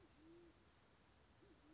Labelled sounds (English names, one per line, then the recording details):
Band-tailed Pigeon
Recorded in Sonoma County, California